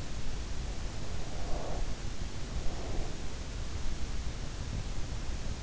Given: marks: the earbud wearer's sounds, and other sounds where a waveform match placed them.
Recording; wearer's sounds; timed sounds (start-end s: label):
sounds in sleep by an in-ear microphone; breath
1.09-3.38 s: breath